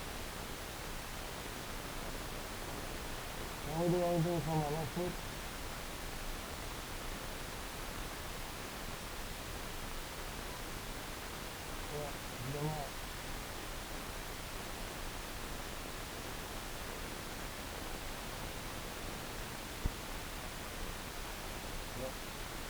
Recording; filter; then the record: brain microelectrode recording played as sound; wide band, above 20 Hz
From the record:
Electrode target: subthalamic nucleus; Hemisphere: left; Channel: 2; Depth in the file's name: 0.251 mm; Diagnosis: Parkinson's disease